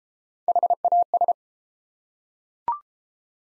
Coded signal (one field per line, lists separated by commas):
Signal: Morse code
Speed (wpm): 29 wpm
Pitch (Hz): 700 Hz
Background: none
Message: HAS